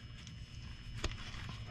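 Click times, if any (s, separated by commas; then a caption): 1.0 s. A second upgraded heat-resistant boot, likely a spark plug wire boot rated to hold up to heat of 1200 degrees, is pressed onto an engine terminal. Over a low steady hum, it snaps on with a soft, sharp click at 1.1 s, and the boot is seated.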